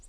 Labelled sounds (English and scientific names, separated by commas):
Colima Warbler (Leiothlypis crissalis) flight call